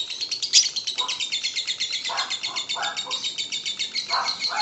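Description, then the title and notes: Lovebird ngekek, a dense rattling chatter running without a break, with brief lower chirps. Lovebird ngekek song, described as very long, used as kicau pancingan, a bait song to prompt other lovebirds to sing. "Master Kicau Lovebird ngekek, kicau pancingan"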